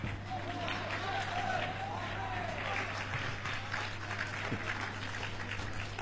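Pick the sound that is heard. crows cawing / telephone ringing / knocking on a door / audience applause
audience applause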